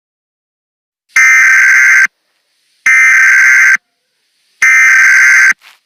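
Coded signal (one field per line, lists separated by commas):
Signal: Emergency Alert System (SAME) tones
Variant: header bursts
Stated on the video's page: Part one of a fictional EAS scenario with valid tones, with music added.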